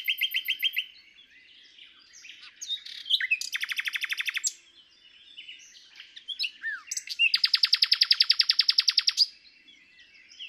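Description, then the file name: Common nightingale singing varied phrases, including long rapid trills of repeated notes with quieter notes between them. "Luscinia megarhynchos"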